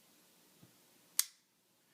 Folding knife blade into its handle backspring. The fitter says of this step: and it really Clicks in nice